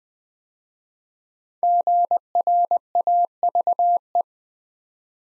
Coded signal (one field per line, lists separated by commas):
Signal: Morse code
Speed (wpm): 20 wpm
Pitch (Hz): 700 Hz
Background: none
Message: GRAVE